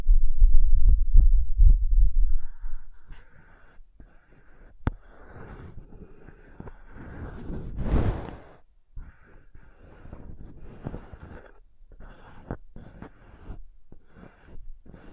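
Crayons tap and scrape against paper. The first two seconds bring a quick series of low knocking taps, then lighter scratching and carving strokes come in short bursts, with one louder rasping stroke near eight seconds and a few sharp clicks scattered throughout.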